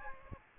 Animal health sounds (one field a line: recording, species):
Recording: mosquito wingbeat signal from an infrared sensor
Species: Aedes aegypti